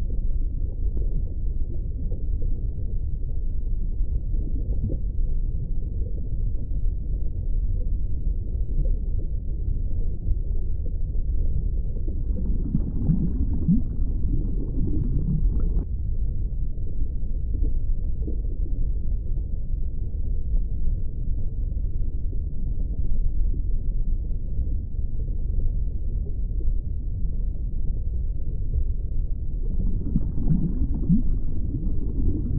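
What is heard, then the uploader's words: Muffled underwater ambience with a steady, dense low rumble and no high sounds at all. Soft bubbling and sloshing swells up around 13 and 30 seconds, adding gentle gurgling texture before settling back into the even, enclosed drone. Underwater Ambience. The soft sounds of bubbles and sloshing water.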